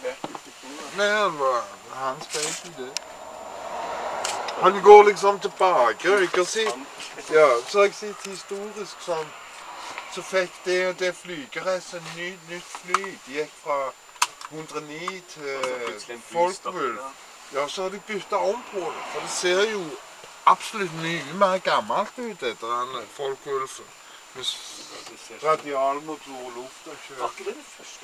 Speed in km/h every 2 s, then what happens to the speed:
0, 0, 0, 0, 0, 0, 0, 0, 0, 0, 0, 0, 0, 0.
0-28 standing.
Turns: none.